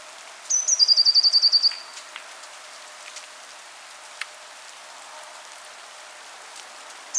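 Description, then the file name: Eurasian blue tit call: two high thin notes, then a fast, even trill of about ten notes lasting around a second, then a long pause. A second call starts at the end. "Cyanistes caeruleus"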